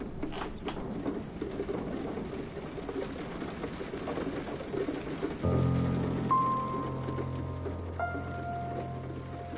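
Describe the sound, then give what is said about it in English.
Rain starting to fall in an audio drama of George Orwell's 1984: a soft, steady patter hisses throughout, and about halfway through sustained low musical tones swell in and hold over the continuing rainfall. “It's starting to rain.”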